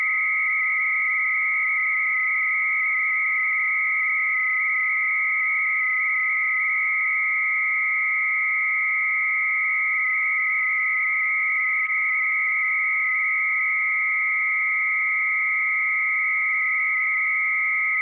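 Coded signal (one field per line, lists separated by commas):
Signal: 300-baud modem data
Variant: Bell 103, 300 baud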